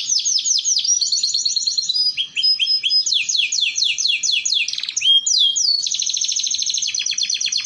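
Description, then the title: Canary delivering a long, unbroken song of rapid high trills and rattles in changing phrases, with one drawn-out whistle near the middle. Belgian canary song used to warm up canaries and as a model for young canaries learning to sing. "Canto Para Esquentar Canário Belga. Terapi Pancingan Suara Kenari Gacor || Masteran Kenari Paud Belajar Bunyi"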